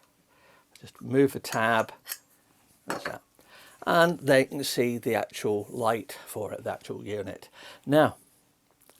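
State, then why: Released. A tab is moved on the reflector that locks onto an INKEE GC30 waterproof COB video light head, and a sharp click is heard at 2.1 seconds. The reflector comes off to show the bare light unit. Someone talks throughout.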